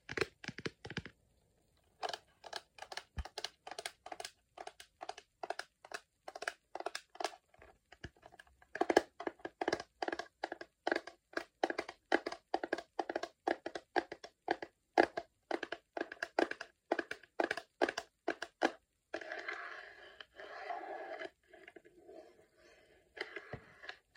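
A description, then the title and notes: Dry tapping in quick, fairly regular bursts, each tap sharp and bright, with brief pauses near the start and around eight seconds. Toward the end the tapping gives way to a few seconds of scratchy, crinkly rubbing before one last tap. ASMR taping et autre.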